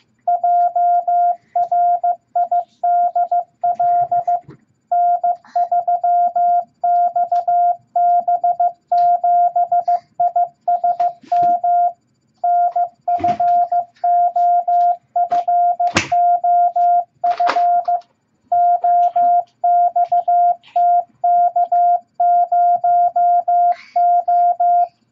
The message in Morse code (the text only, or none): JRIDL N3XB7ISM NFOFOF OXTK0O